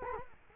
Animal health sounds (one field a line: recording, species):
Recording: mosquito wingbeat signal from an infrared sensor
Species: Culex quinquefasciatus